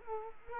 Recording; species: mosquito wingbeat signal from an infrared sensor; Culex quinquefasciatus